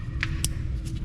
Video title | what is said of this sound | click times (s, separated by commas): 2017 Porsche Cayenne S Doing brakes with at home tools! | nice click that's in | 0.2 s, 0.4 s